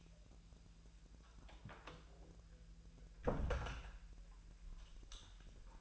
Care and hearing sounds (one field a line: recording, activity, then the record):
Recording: daily activity, microphone in the room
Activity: close door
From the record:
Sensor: 2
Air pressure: 1001.3 hPa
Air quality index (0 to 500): 243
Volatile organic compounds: 78 ppm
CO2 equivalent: 3590 ppm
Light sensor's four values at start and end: 8/20/8/8 and 8/19/8/8